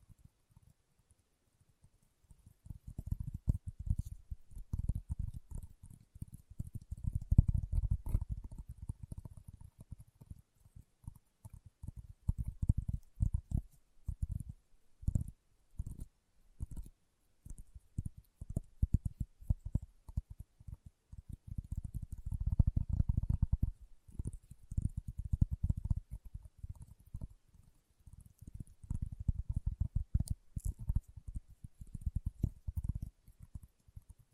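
Leather being tapped and scratched in dense, irregular bursts of soft, low thuds and rubbing. The activity comes in clusters, heaviest around 5–9, 21–24 and 29–33 seconds, with brief quieter gaps between, and faint crisp scratchy ticks run along the top.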